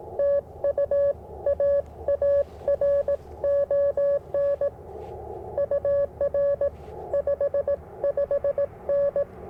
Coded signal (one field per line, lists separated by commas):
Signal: Morse code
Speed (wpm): 18 wpm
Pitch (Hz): 590 Hz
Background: radio noise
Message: TU AARON UR 55N